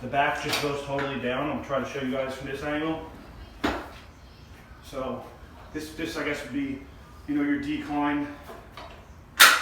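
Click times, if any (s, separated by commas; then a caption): 9.4 s. Someone talks while lowering the backrest of a Flybird adjustable weight bench. A sharp metal clunk sounds at 9.4 s as the backrest's locking pin drops into the first adjustment hole and locks in place.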